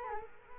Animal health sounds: mosquito wingbeat signal from an infrared sensor; Culex quinquefasciatus

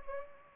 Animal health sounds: mosquito wingbeat signal from an infrared sensor; Anopheles gambiae

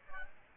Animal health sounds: mosquito wingbeat signal from an infrared sensor; Aedes aegypti

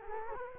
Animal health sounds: mosquito wingbeat signal from an infrared sensor; Culex quinquefasciatus

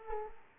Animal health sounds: mosquito wingbeat signal from an infrared sensor; Aedes aegypti

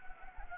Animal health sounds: mosquito wingbeat signal from an infrared sensor; Anopheles gambiae

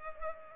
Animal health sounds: mosquito wingbeat signal from an infrared sensor; Culex pipiens

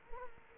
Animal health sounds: mosquito wingbeat signal from an infrared sensor; Culex quinquefasciatus

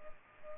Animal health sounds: mosquito wingbeat signal from an infrared sensor; Culex pipiens

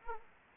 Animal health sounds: mosquito wingbeat signal from an infrared sensor; Anopheles arabiensis

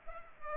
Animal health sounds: mosquito wingbeat signal from an infrared sensor; Culex pipiens

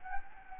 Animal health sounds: mosquito wingbeat signal from an infrared sensor; Anopheles gambiae

